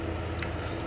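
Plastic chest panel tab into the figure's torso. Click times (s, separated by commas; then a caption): 0.4 s. During the robot-mode transformation of a plastic Transformers Studio Series Deluxe Class Bumblebee action figure, the chest panel is folded in and its tab pushed into its slot in the torso. A short, sharp plastic click sounds at 0.4 s over a low, steady background. The tab seats into place.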